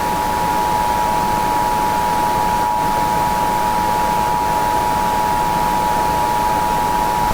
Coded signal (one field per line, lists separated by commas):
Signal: Emergency Alert System (SAME) tones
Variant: 853 and 960 Hz attention tone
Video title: EAS Scenario #86: Attack of The Entities: Eternal Torture